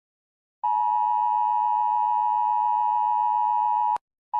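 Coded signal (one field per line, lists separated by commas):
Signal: Emergency Alert System (SAME) tones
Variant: 853 and 960 Hz attention tone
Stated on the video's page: Fictional EAS scenario, simulated alert tones.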